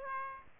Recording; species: mosquito wingbeat signal from an infrared sensor; Aedes aegypti